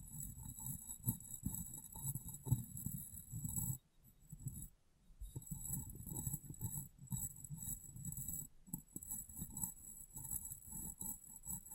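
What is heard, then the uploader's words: Glass being tapped and wiped, with soft, dense rubbing and tapping sounds that stay low and muffled, rising and falling in quick bursts. Near four seconds the sound cuts out almost completely for about a second, then resumes. A faint steady high whine runs throughout. ASMR Glass Brain Tapping & Cleaning (No Talking).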